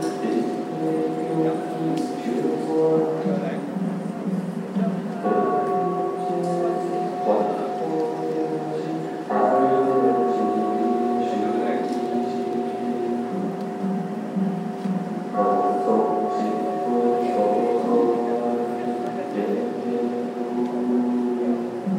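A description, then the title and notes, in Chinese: Temple scripture chanting carries on steadily, a group of voices holding sustained, even tones with a drone-like hum underneath. Louder swells arrive around five, nine and fifteen seconds, and faint clatter and murmurs from the surrounding hall sit in the background. 行天宮誦經。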